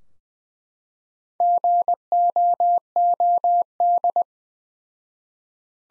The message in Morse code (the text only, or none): GOOD